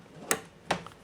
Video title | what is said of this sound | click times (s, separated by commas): This 314Ah Battery Is HUGE! - Sungold Power MAX Review | It did click. | 0.3 s